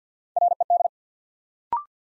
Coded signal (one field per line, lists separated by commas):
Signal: Morse code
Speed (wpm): 50 wpm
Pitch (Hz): 700 Hz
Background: none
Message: RED